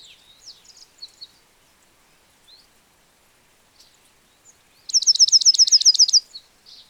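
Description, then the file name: European goldfinch: a few scattered soft chirps, then a rapid, high, bright twittering burst lasting just over a second. "Carduelis carduelis"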